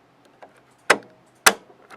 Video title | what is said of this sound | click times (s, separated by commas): Epson Workforce 845 Unboxing and Setup | you'll hear a snap | 1.5 s